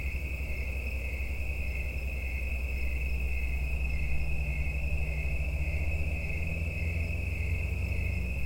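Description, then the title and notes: Insect chorus, a steady, unbroken high-pitched drone that holds throughout, over a continuous low rumble. Insects giving mating calls in the evening in late summer and autumn at Watts Ranch in the United States; insects near the end of their lives. "Autumn insects on Watts Ranch. In much of the United States, insects start calling in the evening in late summer and into autumn. Recorded by Neal Johnson. Part of the Music for Sleep project"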